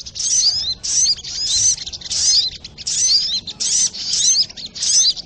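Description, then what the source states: Little Spiderhunter song made of shrill, sweeping chirps bunched into quick bursts, repeated in quick succession. Training recording (masteran).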